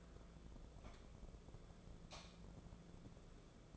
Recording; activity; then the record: daily activity, microphone in the room; light on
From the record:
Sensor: 5